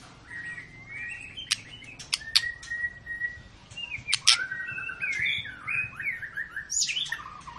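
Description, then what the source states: White-rumped shama song: varied whistled phrases with long steady notes, sliding and falling slurs, and sharp clicking snaps scattered through. Long lure recording of a murai batu singing actively ('gacor'), used to prompt other birds to sing.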